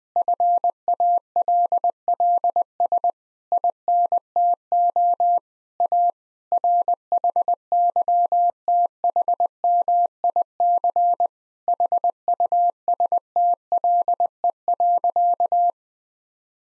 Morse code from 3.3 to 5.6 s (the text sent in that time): INTO